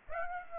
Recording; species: mosquito wingbeat signal from an infrared sensor; Aedes aegypti